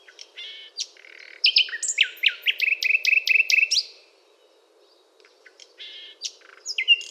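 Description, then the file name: Common nightingale song: varied phrases, then a fast series of loud repeated notes, a pause, and varied phrases resume. "Luscinia megarhynchos"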